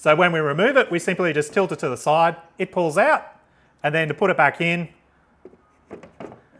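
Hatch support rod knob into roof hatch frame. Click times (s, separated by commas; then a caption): 6.2 s. Someone talks while handling the plastic support rod of a Dometic Mini Heki roof hatch skylight on a Jayco Pop-Top or caravan, tilting it to the side to pull it out and then pushing its side knob back into the hatch frame mount. After the talking, a few faint knocks sound at about 5.5 s and 6.0 s, and a sharper click at 6.2 s marks the knob locking into place in the frame.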